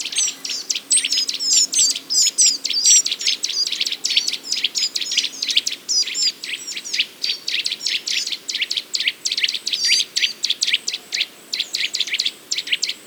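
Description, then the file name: Eurasian nuthatch calling in a fast, continuous run of sharp, high notes, several per second, with thin higher chirps overlapping throughout. "Sitta europaea"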